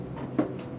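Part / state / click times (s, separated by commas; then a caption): printer assembly part into printer frame with locking tabs / seated / 0.4 s. A printer part, lined up at its bottom edge and set into a groove at the top, is pushed into the printer frame. A single sharp click sounds at 0.4 s as it seats and its locking tabs lock in place.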